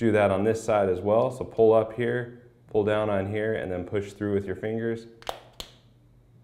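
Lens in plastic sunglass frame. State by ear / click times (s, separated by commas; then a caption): released / 5.3 s. Someone talks while flexing the plastic frame of Oakley Twitch sunglasses and pushing the second lens through with their fingers. The lens pops out of its groove with a sharp pop at 5.3 s, and the lens is released.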